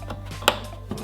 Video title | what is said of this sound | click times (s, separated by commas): Upgrade Your Stock Tacoma Taillights! - MESO Customs Total Tail Mod | definitely make sure you hear a click for these ones | 0.5 s